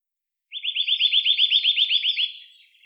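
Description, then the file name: Eurasian nuthatch delivering a rapid trill of about a dozen clear, rising whistled notes, steady then fading at the end. "Sitta europaea"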